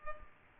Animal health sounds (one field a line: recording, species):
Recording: mosquito wingbeat signal from an infrared sensor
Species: Culex pipiens